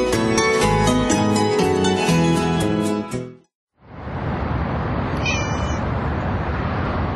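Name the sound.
cat meowing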